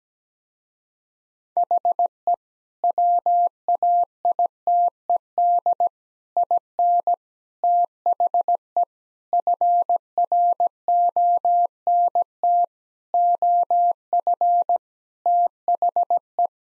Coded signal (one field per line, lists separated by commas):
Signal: Morse code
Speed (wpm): 17 wpm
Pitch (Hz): 700 Hz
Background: none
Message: HE WAITED IN THE FRONT OF THE